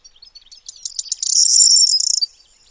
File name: cornbunting